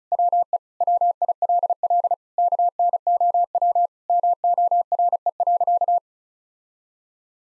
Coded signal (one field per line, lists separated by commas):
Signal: Morse code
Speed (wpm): 34 wpm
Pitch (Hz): 700 Hz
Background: none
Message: WE WILL KNOW MORE.